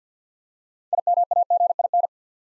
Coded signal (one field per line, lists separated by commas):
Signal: Morse code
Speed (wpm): 50 wpm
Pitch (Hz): 700 Hz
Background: none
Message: IMAGIN